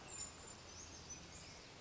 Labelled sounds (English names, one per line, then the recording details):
Brown Creeper
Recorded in Sonoma County, California